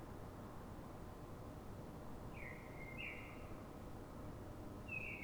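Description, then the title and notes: Common blackbird song: two short warbled phrases in the middle and another near the end, heard over a steady low rumble of background noise. City blackbird singing before dawn in Fuenlabrada, Madrid, Spain, so other blackbirds can hear it before human noise begins; described as a call (reclamo); recorded with a Zoom H1n recorder. "Pl. de Francisco Escolar, 10, 28944 Fuenlabrada, Madrid, España - Sonido Reclamo de Mirlo. Mirlo cantando, es un sonido de reclamo"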